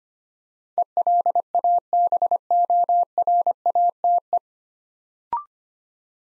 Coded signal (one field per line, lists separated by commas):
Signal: Morse code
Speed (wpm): 25 wpm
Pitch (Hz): 700 Hz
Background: none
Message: ELABORATE